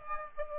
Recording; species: mosquito wingbeat signal from an infrared sensor; Aedes aegypti